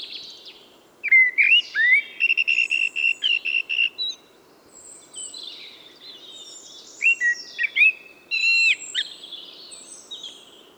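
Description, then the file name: Eurasian blackbird song: a long series of whistled notes followed by scratchy high twitters, a pause, then another shorter whistled phrase. "Turdus merula"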